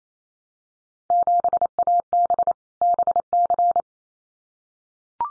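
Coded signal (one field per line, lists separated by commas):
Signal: Morse code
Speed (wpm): 28 wpm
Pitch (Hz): 700 Hz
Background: none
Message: 7AB BC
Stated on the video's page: Field Day exchange head-copy drill at 28wpm with equally probable exchanges, each sent in Morse, spoken, then sent again.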